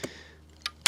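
A plastic cover on the battery or charge port of a Heybike Venus commuter e-bike is pushed back into place. Faint clicks come at about 0.0 and 0.7 seconds, then a loud sharp snap at 0.9 seconds as the cover seats.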